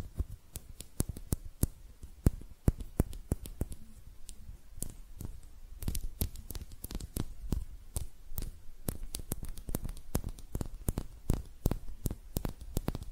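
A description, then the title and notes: Hand sounds: a dense run of sharp clicks, snaps and taps, coming several times a second and irregular, some louder than others. Between them runs a faint, low rustle. The pace stays busy throughout, with slightly thicker clusters around the sixth and twelfth seconds. ASMR Relaxing Hand Sounds (No Talking).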